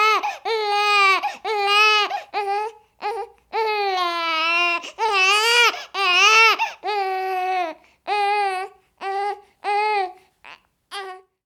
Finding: Baby crying long.